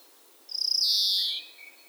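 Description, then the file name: One European greenfinch wheeze, beginning with a fast rasping stutter and stretching into a buzzy, downward-sliding note, with a faint thin whistle after. "Chloris chloris"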